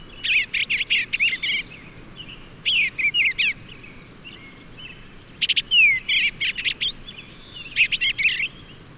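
Bird song with four bright bursts of twittering notes and one clear slurred whistle, over a continuous high-pitched tone.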